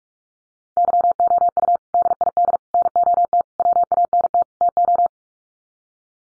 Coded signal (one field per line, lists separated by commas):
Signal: Morse code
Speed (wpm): 44 wpm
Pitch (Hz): 700 Hz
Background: none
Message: YOU DID NOT WANT TO